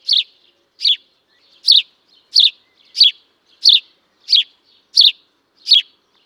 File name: Passer domesticus